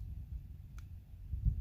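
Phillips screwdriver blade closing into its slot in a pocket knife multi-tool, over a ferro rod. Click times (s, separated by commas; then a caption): 0.8 s. The Phillips screwdriver blade of a Trekker pocket knife multi-tool is pulled back and snapped down into its slot over a small ferrocerium rod laid in the compartment, so the rod is held in and doesn't fall out. A single short, sharp click sounds at 0.8 s over a steady low rumble, and the blade is seated.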